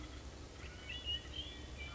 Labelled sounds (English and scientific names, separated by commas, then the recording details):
Red-winged Blackbird (Agelaius phoeniceus)
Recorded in Sonoma County, California